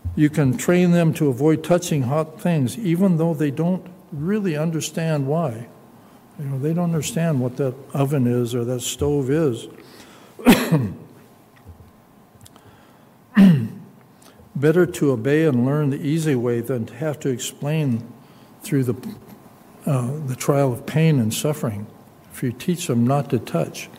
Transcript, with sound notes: You can train them to avoid touching hot things even though they don't really understand why. You know, they don't understand what that oven is or that stove is. [clears throat] Better to obey and learn the easy way than to have to explain through the uh the trial of pain and suffering if you teach them not to touch.